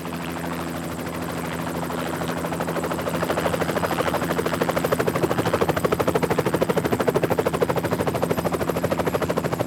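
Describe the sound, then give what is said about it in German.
A helicopter flies from left to right, its rotor beating in a fast, steady chop over a low engine drone and whine, growing louder partway through and holding strong to the end. No voices. “Aber wenn ein Hubschrauber von links nach rechts fliegen soll, dann brauche ich mindestens Stereo.”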